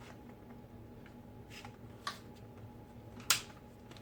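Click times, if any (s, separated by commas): 3.3 s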